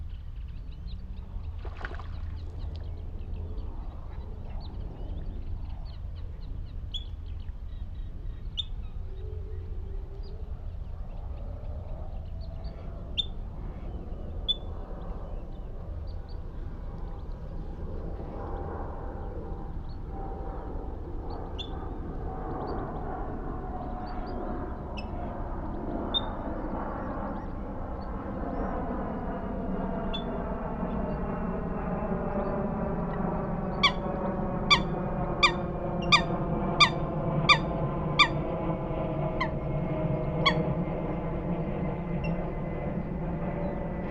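Scattered bird calls sound over a steady low rumble, with a droning engine tone that swells and slowly shifts in pitch from about the midpoint onward. Between roughly 34 and 41 seconds, a bird gives a burst of loud, sharp, repeated notes.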